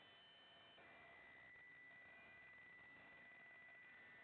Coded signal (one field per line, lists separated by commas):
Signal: PSK63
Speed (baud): 62.5 baud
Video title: M0KNM - RSGB 3.5MHz Club Championship Data Contests Livestream 02/06/25